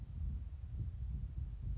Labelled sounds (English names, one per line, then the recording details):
Grasshopper Sparrow
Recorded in Sonoma County, California